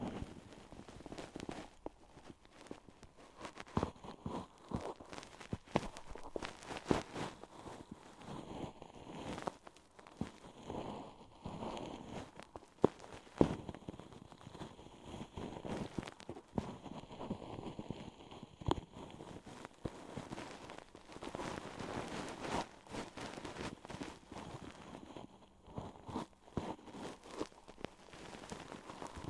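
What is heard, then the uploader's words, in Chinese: Ear cleaning with no talking: a continuous run of scratchy, crackling rubs and taps that come in quick, uneven bursts for the whole half minute. The sound sits mostly low to middle, with a few sharper clicks near the thirteen-second mark. 一次纯粹清洁耳朵的体验。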